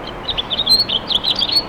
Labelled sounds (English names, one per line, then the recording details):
House Finch song
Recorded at Westbury on Long Island, New York, on 27 May 2013
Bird A